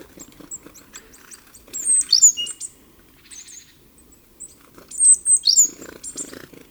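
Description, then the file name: Great tit calls: a run of faint high ticking notes leading into two bursts of sharp, descending, scratchy calls separated by a short pause. "Parus major"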